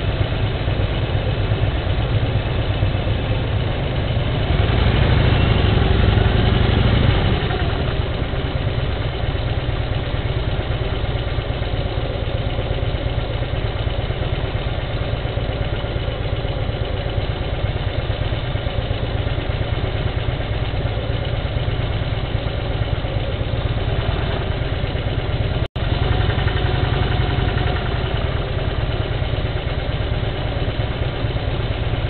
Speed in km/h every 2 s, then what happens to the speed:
0, 0, 0, 0, 4, 7, 9, 11, 6, 7, 6, 7, 6, 8, 8, 9.
0-7 standing. 7-13 pulls away to 11. 13-32 steady at about 7.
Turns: none.